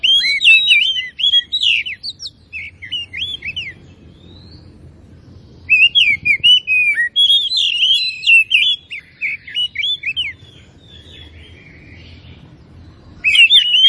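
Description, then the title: Oriental magpie-robin singing in bursts of fast, varied chirps and whistled slurs, pausing between phrases, with a faint low hum underneath. Labelled Tretes; described as gacor (singing vigorously and continuously). "Kacer Tretes Gacor"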